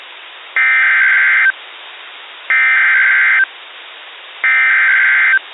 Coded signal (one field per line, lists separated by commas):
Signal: Emergency Alert System (SAME) tones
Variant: header bursts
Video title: Severe Weather EAS Alerts on WXJ42 Meriden, CT (5/22/22) (EAS #8-11)